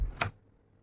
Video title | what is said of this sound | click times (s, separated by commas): खास तरह का door handle 😭😭 Ubnique Window & door handle design | ये लॉक हो गया अब इसको यहां से नहीं | 0.2 s